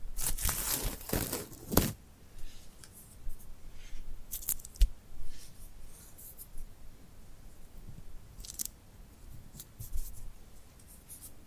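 Tingly glued hand sounds: sticky, crackling peels and rubs as skin pulls apart. A dense burst of crisp crackles fills the first two seconds, then sparser snaps and rustles follow, with sharp peaks near 5 and 8.5 seconds over a low, soft rumble.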